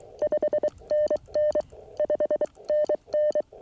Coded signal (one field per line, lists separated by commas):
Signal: Morse code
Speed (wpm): 23 wpm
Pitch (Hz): 600 Hz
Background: none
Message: 5NN 5NN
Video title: Frosty CW POTA Activation With My 1928 Vibroplex Lightning